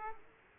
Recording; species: mosquito wingbeat signal from an infrared sensor; Aedes aegypti